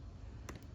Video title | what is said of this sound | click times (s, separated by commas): Samsung S21 Screen Replacement - Step-by-Step DIY Repair Guide To Fix Your Broken Phone! | making sure that it clicks into place | 0.5 s